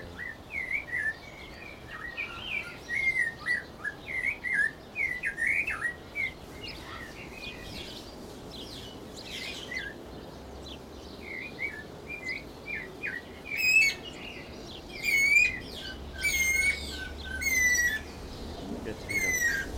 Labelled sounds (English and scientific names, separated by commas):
Guira Cuckoo (Guira guira)